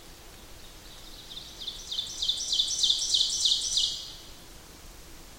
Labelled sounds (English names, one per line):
Ovenbird song